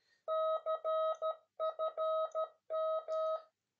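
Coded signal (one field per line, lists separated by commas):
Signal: Morse code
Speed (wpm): 13 wpm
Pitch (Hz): 640 Hz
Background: none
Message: CFM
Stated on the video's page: Spanish Morse code lesson on service abbreviations from a naval communications engineering school.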